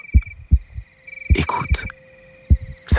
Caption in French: Un cœur qui bat.